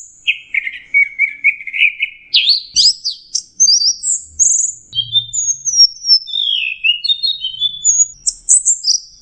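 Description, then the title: Orange-headed thrush song: loud, varied phrases of sweet whistles, rising slurs and rapid trills, quickly changing pitch, with a few soft low knocks in the background. "Burung Anis Merah"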